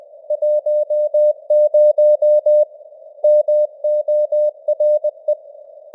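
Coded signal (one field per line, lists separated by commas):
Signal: Morse code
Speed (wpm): 20 wpm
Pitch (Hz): 600 Hz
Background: none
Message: 10 MORE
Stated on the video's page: News headlines in Morse at 20 wpm with simulated radio noise and varying signal strength (QSB).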